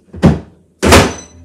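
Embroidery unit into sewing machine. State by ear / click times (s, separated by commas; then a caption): seated / 0.1 s. A Janome MC9900 embroidery unit is slid along the desk onto the back of the sewing machine and pushed home, clipping into place with a thunk at 0.1 s. A second, louder and longer thud follows at about 0.8 s, and the machine then reports the embroidery unit as attached.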